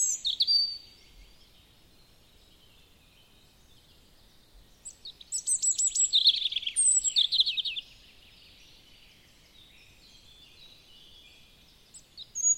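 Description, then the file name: European robin singing in separate bursts: a brief high phrase at the start, a longer jangling, trilled phrase midway, and another short fragment at the end, with quiet between. "Erithacus rubecula"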